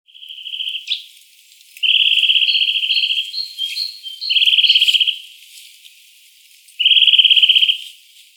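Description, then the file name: Eurasian nuthatch giving long, rapid, even-pitched trills lasting about a second each, a softer opening trill then three strong bursts, with softer, higher short notes scattered between them. "Sitta europaea"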